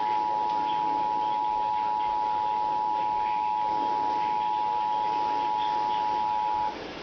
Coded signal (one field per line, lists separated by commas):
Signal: Emergency Alert System (SAME) tones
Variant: 853 and 960 Hz attention tone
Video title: EAS Alert #78 - Severe Thunderstorm Warning #11 6/30/14